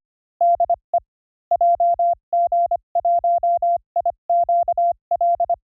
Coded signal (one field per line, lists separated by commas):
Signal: Morse code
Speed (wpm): 25 wpm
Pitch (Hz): 690 Hz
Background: none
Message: DE JG1IQL